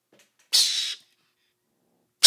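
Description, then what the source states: Mongoose giving a harsh, breathy hiss lasting about half a second, followed after a long silence by a second burst. Recorded in summer 2014.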